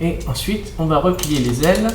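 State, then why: Not seated. Someone talks while handling a plastic phoenix robot toy, getting ready to fold its wings down so they clip onto the black part of the shuriken piece. Only speech and faint handling are heard, and nothing has seated or clicked yet.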